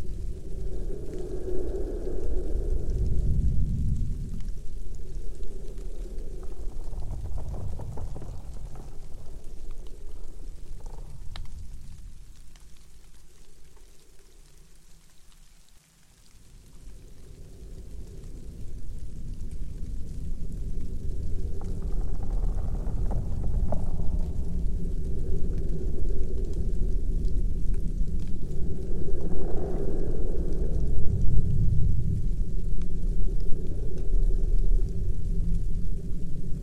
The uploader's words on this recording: Dark winter forest ambience. Deep in a dark winter forest surrounded by tall trees, the naked branches extend like creepy hands against the falling snowflakes. You can hear sound of howling wind, creaking groaning trees.